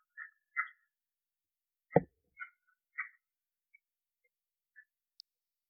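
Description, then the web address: Red-eyed tree frog calls: a handful of short, clucking chucks spaced irregularly, interrupted once by a sharp knock, then fading to a few faint ticks. "Agalychnis callidryas"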